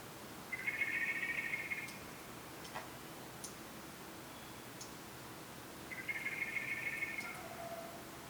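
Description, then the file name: Common blackbird call: two steady, buzzy rattles of rapid pulses, each over a second long, separated by a pause with a few soft ticks. "Turdus merula"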